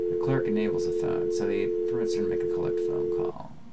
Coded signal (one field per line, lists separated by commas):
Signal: telephone call progress tone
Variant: North America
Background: speech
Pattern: dial tone